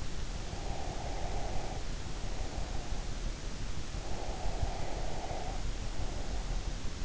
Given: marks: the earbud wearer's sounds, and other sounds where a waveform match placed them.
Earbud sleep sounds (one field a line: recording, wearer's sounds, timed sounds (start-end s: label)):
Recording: sounds in sleep by an in-ear microphone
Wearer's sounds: breath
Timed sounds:
0.48-2.98 s: breath
4.01-6.62 s: breath